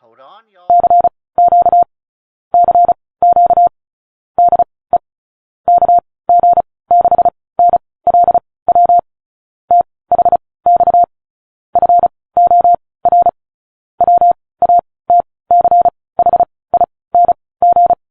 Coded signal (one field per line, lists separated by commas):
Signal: Morse code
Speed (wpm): 36 wpm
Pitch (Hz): 700 Hz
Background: speech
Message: CQ CQ DE KG6NLW THX FOR WATCHING